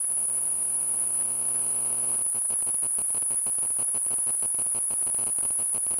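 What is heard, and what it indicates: A constant, piercing high-pitched tone runs the whole time over a low electrical buzz, which turns into rapid pulsing of about two per second after two seconds. It simulates tinnitus, the ringing or buzzing heard in the ears without an outside source.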